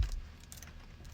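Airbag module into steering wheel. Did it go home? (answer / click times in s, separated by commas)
yes / 0.5 s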